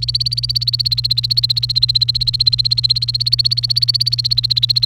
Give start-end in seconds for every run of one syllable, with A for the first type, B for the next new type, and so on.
0.00-4.85 A